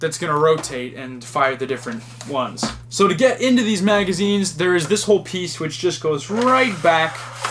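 Someone talks while handling a Nerf Rival Artemis XVII-3000 toy foam-ball blaster, beginning to slide the plastic loading cover on its integrated magazine back to lock it open for loading rounds. A short, sharp sound is heard near the very end of the clip. Nothing has locked or clicked into place yet.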